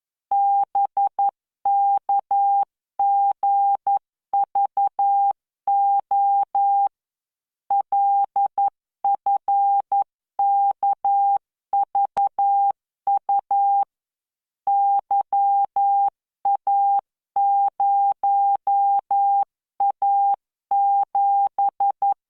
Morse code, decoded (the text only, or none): BKGVO LFKVU YA0A7